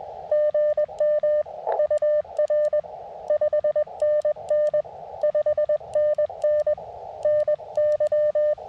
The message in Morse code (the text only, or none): GM UR 5NN 5NN NY